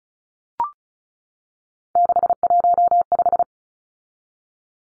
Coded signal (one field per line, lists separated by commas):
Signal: Morse code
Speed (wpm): 34 wpm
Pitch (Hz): 700 Hz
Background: none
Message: 615